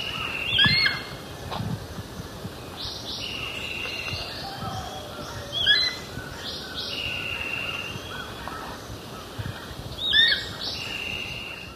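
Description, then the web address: Black hawk-eagle whistling three times at intervals of about four to five seconds, each note high and slurred, amid pulsing insect buzzes. Recorded in Ecuador. "Natures Songs S America Birds of Ecuador. Black Hawk Eagle"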